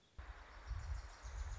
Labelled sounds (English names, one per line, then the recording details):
Wilson's Warbler
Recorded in Sonoma County, California